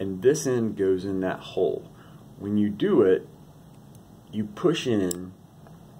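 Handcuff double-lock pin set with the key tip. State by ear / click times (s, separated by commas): not seated / none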